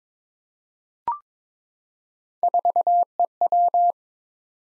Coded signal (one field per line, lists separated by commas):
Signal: Morse code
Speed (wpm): 22 wpm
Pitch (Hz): 700 Hz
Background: none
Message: 4EW